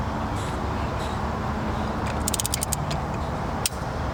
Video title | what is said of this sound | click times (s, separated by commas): Accord 8th Gen 2.4L Spark Plugs Replacement | There it goes. Y'all hear that click? | 2.3 s, 2.4 s, 3.7 s